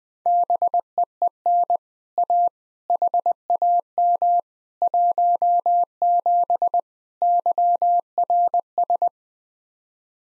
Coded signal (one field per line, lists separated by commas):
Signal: Morse code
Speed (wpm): 20 wpm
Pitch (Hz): 700 Hz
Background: none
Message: BEEN A HAM 17 YRS